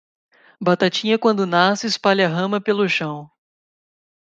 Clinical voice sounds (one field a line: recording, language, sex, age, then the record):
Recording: short text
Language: Brazilian Portuguese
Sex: male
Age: 20 to 29 years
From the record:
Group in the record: control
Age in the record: 25 years